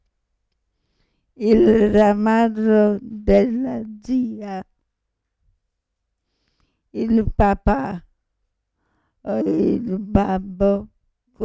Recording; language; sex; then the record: read passage; Italian; female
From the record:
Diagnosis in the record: Parkinson's disease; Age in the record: 65 years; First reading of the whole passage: 242 s, 2.1 characters per second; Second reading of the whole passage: 180 s, 2.9 characters per second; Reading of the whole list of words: 168 s, 1.7 characters per second